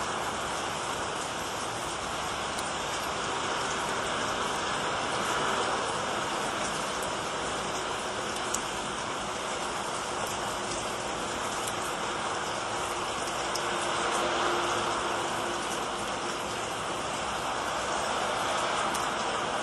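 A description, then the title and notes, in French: Light rain falls in a village, a steady, even patter spread densely across the whole clip with no pauses. The sound is soft and moderately bright, with small sharp drips scattered throughout and a faint low hum in the background. Dans cet épisode, nous vous proposons un son réel de petite pluie dans un petit village. Petite pluie dans le village.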